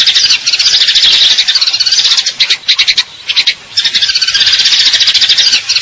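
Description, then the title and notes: Eurasian tree sparrow giving rapid high chirps in long buzzy trills, briefly broken by a few choppy notes midway. Fighting-style call with long trills, clear sound; a masteran training recording for contest birds; local name burung gereja. "GEREJA TARUNG NEMBAK PANJANG SUARA JERNIH MASTERAN WAJIB BURUNG LOMBA. Burung Gereja"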